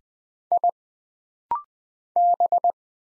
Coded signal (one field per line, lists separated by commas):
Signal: Morse code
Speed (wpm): 20 wpm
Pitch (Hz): 700 Hz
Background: none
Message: I B